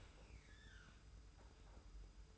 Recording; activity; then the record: daily activity, microphone in the room; open dishwasher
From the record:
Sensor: 2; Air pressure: 991.2 hPa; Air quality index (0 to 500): 141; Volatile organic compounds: 262 ppm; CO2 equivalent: 4391 ppm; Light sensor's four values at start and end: 39/113/45/43 and 39/113/45/43